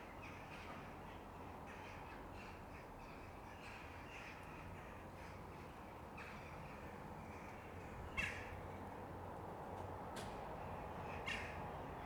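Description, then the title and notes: Corvid calls, faint scattered caws throughout, with a few sharper caws in the second half, over constant background noise. Corvids, possibly mainly rooks, circling neatly and regularly over a back yard at dusk near sunset, in wind. "ｐａｔｚｒ ｒａｄｉｏ ｓｉｘｔｙ－ｔｗｏ - untitled [back yard, near sunset]. back yard at dusk. corvids - rooks, mainly, i think - circle, neatly, regularly"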